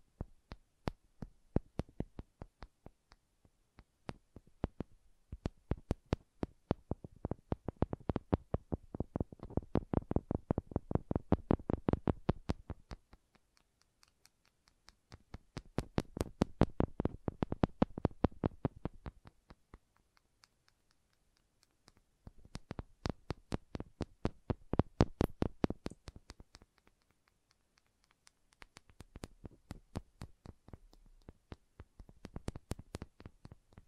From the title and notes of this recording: ASMR Calming Wood Triggers for Sleep (No Talking).